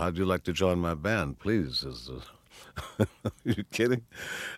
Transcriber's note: laughter